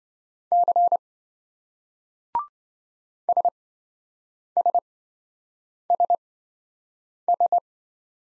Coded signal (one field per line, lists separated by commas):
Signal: Morse code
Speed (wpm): 26 wpm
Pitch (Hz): 700 Hz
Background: none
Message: C SSSS